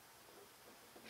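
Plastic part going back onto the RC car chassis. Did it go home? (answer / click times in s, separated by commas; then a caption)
no / none. A plastic part is being pressed back onto the chassis of a 1/18 scale ROCHobby Fire Horse RC crawler during reassembly after charging. A steady broadband hiss is heard for about a second, rising slightly at the very end. Nothing has seated or clicked yet.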